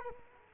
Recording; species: mosquito wingbeat signal from an infrared sensor; Culex quinquefasciatus